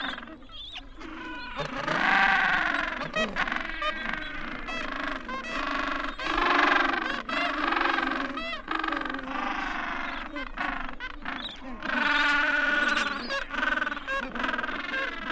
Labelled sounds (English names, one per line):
Gentoo Penguin call